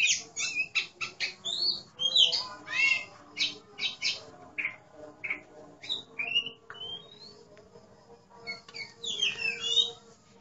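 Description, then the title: Oriental magpie-robin producing rapid varied chirps and downslurred whistles in an uneven rhythm, with a soft steady hum underneath. "Kacer"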